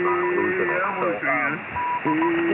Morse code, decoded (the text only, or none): SA D